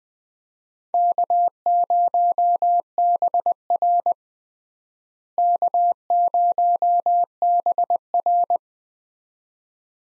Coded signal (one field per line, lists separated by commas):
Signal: Morse code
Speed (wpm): 20 wpm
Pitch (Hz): 700 Hz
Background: none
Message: K0BR K0BR